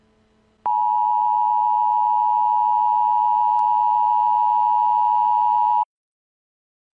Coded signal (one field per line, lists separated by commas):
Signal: Emergency Alert System (SAME) tones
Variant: 853 and 960 Hz attention tone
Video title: Mandela EAS Scenario | Alternate Universe REMASTERED